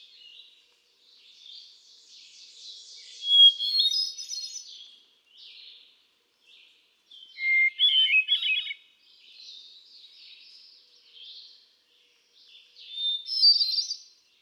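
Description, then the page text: Hermit thrush singing three phrases several seconds apart, each a whistled opening note and a tumbling run of high notes, pitched differently each time. One male cycling through a repertoire of about ten different songs; recorded 13 June 2006 at Quabbin Park, Ware, Massachusetts. "Birdsong for the Curious Naturalist. Hermit thrush"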